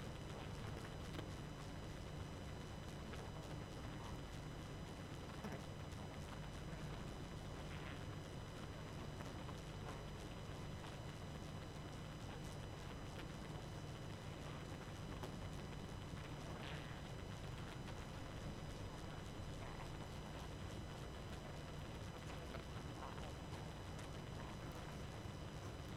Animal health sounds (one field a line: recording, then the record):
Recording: honeybee colony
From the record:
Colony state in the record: active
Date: 12 June 2018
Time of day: 22:29